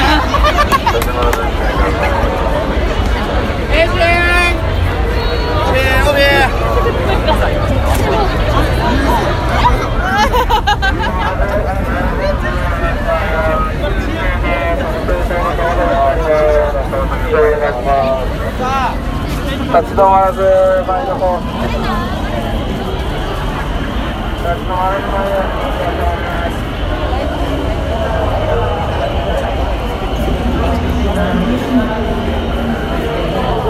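A Halloween crowd in Shibuya talks over itself in a dense, continuous babble, with individual voices and shouts rising out of the mix throughout. A low traffic rumble runs underneath the whole time, and a steady high tone enters around twenty seconds.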